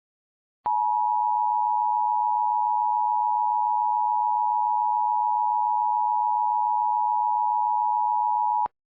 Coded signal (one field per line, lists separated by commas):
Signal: Emergency Alert System (SAME) tones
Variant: 853 and 960 Hz attention tone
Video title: EAS Mock: Tornado Warning